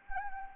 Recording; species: mosquito wingbeat signal from an infrared sensor; Anopheles arabiensis